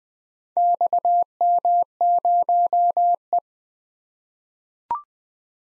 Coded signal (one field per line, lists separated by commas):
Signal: Morse code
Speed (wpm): 20 wpm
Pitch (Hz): 700 Hz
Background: none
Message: XM0E